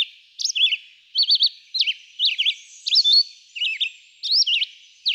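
Red-eyed vireo song: short, quick, varied whistled phrases, many rising and falling, separated by brief pauses.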